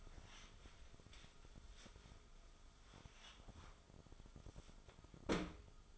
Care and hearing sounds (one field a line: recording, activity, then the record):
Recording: daily activity, microphone in the room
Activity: wipe stove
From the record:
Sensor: 5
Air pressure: 1005.0 hPa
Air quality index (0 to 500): 106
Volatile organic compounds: 2 ppm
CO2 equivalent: 1285 ppm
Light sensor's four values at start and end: 30/67/28/28 and 33/74/31/31